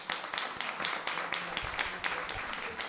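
An audience at a civic centre applauds steadily for a few seconds to thank the woman who hosts them, a dense crackle of many overlapping hand claps at an even, moderate loudness, with no one speaking over it.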